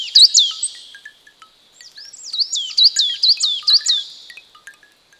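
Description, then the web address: Bird song: bright, high whistled notes, each sharply down-slurred, a few at first and then a rapid run of several more, with soft ticking sounds beneath. Birds in woodland. "Nokia ! Nokia Design Team Sound Cloud Alerts 2014 Birds in the Woods"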